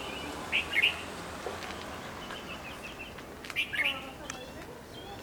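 Red-vented bulbul calling in two brief bubbly bursts of quick chirps about three seconds apart, with soft background noise.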